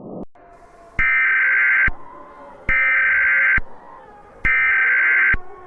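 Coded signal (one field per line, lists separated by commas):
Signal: Emergency Alert System (SAME) tones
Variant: header bursts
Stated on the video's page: Fictional EAS scenario, not a real alert.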